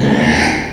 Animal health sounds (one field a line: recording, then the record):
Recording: squeal of a Yucatan mini pig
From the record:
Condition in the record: before surgery on the right vocal fold (resection and tissue-engineered implant)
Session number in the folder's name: 2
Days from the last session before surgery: 0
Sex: male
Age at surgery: 12 weeks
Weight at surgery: 13 kg